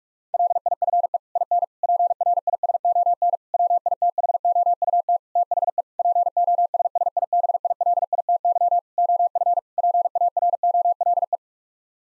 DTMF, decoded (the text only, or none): none